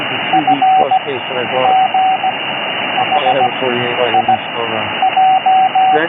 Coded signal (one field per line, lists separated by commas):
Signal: Morse code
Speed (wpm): 17 wpm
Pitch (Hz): 760 Hz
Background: speech, radio noise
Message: F G H I J